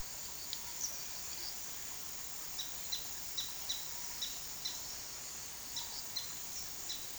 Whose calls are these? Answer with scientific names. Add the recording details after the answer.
Tolmomyias sulphurescens. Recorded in pastures near Puerto Asís, Putumayo, Colombia, on 18 February 2024 at 13:00. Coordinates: 0.468, -76.328. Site G6414